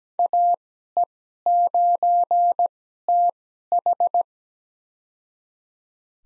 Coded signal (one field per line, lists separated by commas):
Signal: Morse code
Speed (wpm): 17 wpm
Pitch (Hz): 700 Hz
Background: none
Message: AE9TH